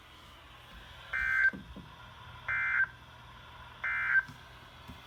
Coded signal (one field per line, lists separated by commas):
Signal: Emergency Alert System (SAME) tones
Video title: My 100th EAS!! EAS# 99-101 6/24/20